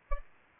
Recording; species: mosquito wingbeat signal from an infrared sensor; Aedes albopictus